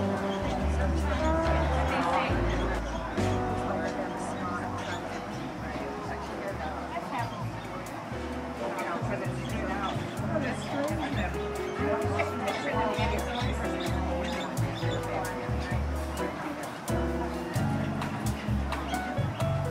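Seaside cafe ambience with a steady mix of overlapping voices and chatter throughout. Low, thumping tones pulse irregularly underneath, while frequent small clinks and clatters of dishes dot the whole stretch. The level stays fairly even, with no sharp breaks.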